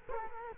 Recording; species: mosquito wingbeat signal from an infrared sensor; Culex quinquefasciatus